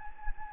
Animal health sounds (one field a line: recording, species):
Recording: mosquito wingbeat signal from an infrared sensor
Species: Anopheles gambiae